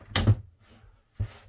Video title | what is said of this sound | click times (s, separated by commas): HeyPaparazzo Olivia 2.0 All In One Content Creator First Impression (Spoilers: It's Great!) | this clicks into place | 0.2 s